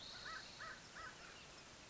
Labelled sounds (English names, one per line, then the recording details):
American Crow
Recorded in Sonoma County, California